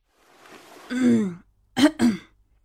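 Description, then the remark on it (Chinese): A man covers his mouth and gives a few muffled coughs: a breathy intake, a longer rasping throat-clearing cough, then two short, quick bursts in a row. No one speaks. “他掩了唇，咳嗽了几声。”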